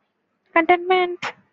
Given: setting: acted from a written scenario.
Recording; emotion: vocal sound without words; contentment